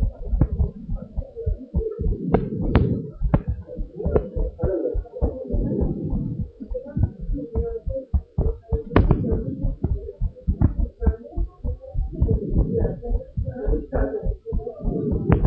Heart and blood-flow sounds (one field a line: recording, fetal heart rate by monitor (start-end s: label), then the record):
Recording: heart sounds of a pregnant woman by stethoscope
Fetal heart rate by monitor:
no fetal heartbeat
From the record:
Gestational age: 38 weeks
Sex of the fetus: boy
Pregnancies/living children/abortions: 2/1/0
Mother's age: 35 years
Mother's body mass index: 33.8